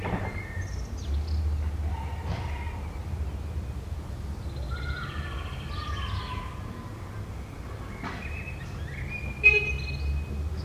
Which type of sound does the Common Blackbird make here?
song